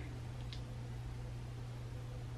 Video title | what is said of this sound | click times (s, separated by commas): SneakPeek GENDER TEST AT HOME !!! | hard click there come | 0.5 s